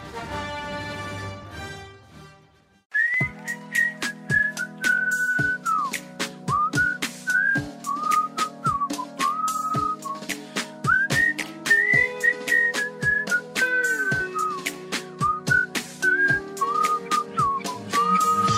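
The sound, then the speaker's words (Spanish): A bright whistled melody hook opens a song, carrying a bouncy, repeating tune over a steady backing of chords and a regular beat after a brief soft intro. The whistle is clear and prominent throughout. “Muy bien, no pensaba comentar nada al respecto de esto hasta después, pero hay algo que me molesta de los chiflidos que se utilizan al principio de la canción.”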